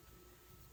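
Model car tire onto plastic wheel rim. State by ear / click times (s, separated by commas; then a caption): not seated / none. A plastic model kit car tire is pressed by hand onto its plastic wheel rim, with a steady broadband hiss and a faint low hum throughout and no distinct impacts. Nothing has seated or clicked yet; the tire is still being handled before it snaps in.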